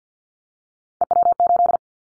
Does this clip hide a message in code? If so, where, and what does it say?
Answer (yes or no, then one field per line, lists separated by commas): yes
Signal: Morse code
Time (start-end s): 1.0-1.8 s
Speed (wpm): 48 wpm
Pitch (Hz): 700 Hz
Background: none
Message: EW8